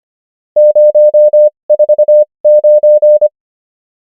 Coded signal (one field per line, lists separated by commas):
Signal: Morse code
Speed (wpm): 25 wpm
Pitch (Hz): 600 Hz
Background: none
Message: 049